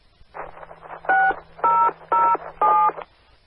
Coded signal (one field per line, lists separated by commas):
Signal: DTMF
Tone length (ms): 240 ms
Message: 6007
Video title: 2013-05-19 - KS0LNK 444.850 Mhz K-Link Repeater System